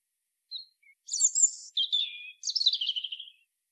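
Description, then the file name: European robin singing a faint opening note, then shimmering high trills, a lower drawn-out whistle, and a descending run of rapid liquid twitters, against a silent background. "Erithacus rubecula"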